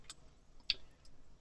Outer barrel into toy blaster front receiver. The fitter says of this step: and that's going to just slide in here all the way and it kind of Clicks in place okay